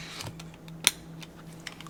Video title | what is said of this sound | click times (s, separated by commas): TESTING A UNIQUE Switch OLED Case with Flip Game Storage | that click that I was looking for. | 0.9 s